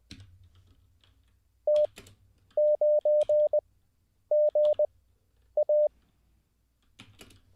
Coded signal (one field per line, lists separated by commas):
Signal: Morse code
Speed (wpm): 20 wpm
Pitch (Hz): 600 Hz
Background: none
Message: T 9 G A